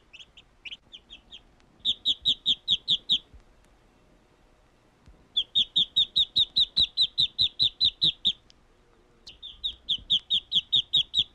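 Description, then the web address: Duck peeping: a few quiet peeps, then loud bursts of rapid, high, downslurred notes, with short pauses between bursts. "утки"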